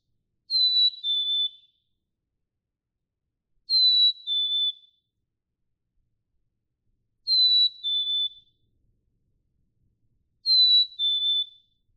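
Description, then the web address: Black-capped chickadee giving four evenly spaced whistled phrases, each a high clear note followed by a slightly lower held note, about every three seconds. "birdsongforthecurious Black-capped Chickadee"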